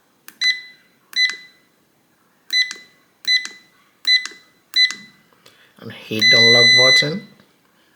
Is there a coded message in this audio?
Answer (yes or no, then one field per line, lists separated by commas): no